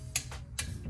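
A wheel stud from a stud conversion kit on a BMW F3X/F8X is tightened into the wheel hub with a click-type torque wrench and a 5 mm hex socket set to 24 ft-lb. The wrench gives a sharp click at 0.2 s, followed by a softer tick at about 0.3 s and another sharp click at about 0.6 s over a low steady hum. The click confirms the stud has reached the set torque.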